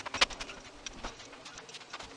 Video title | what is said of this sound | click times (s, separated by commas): Unboxing Creality Ender 3 Pro How To Setup Assemble Assembly DIY Tutorial User Review First Print | so that would alter your whole bed leveling this will lock in place and that will make that not possible | 0.2 s